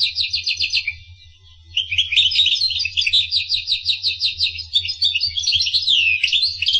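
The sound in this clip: Finch song: a brief high trill, a pause, then a continuous stream of fast twittering notes and buzzy rolls.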